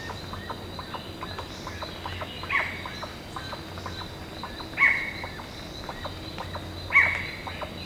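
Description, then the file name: Bird uttering three brief sharp notes spaced about two seconds apart among faint ticking sounds and a steady high background drone. "SABIOD 50 bird 2015"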